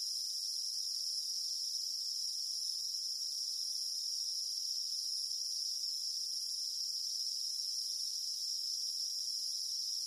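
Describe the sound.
Cicada: steady high, ringing buzz of cicadas, continuous and uniform with no rhythm or breaks.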